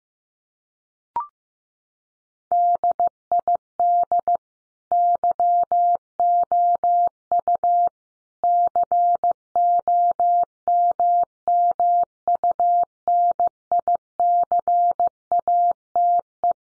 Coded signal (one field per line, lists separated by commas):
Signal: Morse code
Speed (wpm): 15 wpm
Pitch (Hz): 700 Hz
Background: none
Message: DID YOU COMMUNICATE